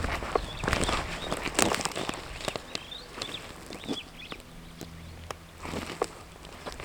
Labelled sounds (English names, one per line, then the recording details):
Superb Starling flight call
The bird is a male
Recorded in Kenya on 9 June 2010
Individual 62, of group MRCV